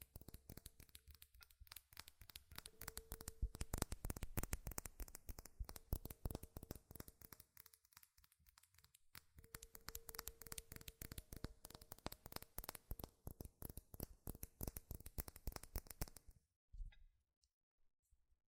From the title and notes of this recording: ASMR FAST & FURIOUS TAPPING Metal Sounds (No Talking).